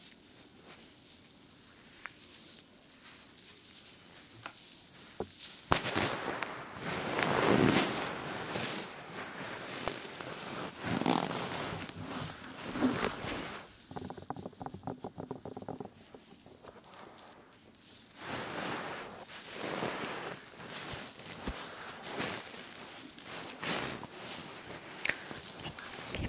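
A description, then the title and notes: Rubbing and brushing against a microphone ear, soft and fuzzy, with quiet stretches before about six seconds and around sixteen to eighteen seconds. The busier passages bring dense crackling scratches and sharp little taps, loud, swelling and fading in waves. ASMR Ear Massage for Sleep & Tingles Fluffy Paws 3dio Ear to Ear Sounds.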